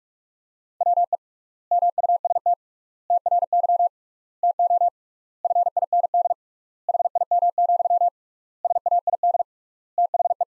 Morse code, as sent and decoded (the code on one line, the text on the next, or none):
.-- . / -- ..- ... - / - .-. -.-- / - --- / ..-. .. -. -.. / .... .. -- --..-- / ... .- .. -.. / - .... .
WE MUST TRY TO FIND HIM, SAID THE